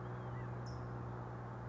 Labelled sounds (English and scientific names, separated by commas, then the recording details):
California Towhee (Melozone crissalis)
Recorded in Sonoma County, California